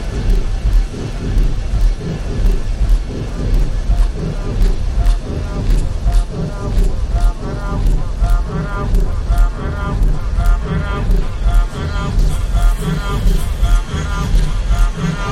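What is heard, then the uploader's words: A busy crowd keeps up a dense, steady murmur of overlapping voices, with no single speaker standing out. A deep, constant rumble sits underneath, like traffic or engines. Brief sharper clicks and clatters pop through now and then across the whole stretch. Busy walla crowd. I carefully cut six loops from the original recording of sounds that worked for me, then layered them up in Ableton live and jammed with them, adding outboard effect into the mix. Burkina Faso market reimagined by David Webb.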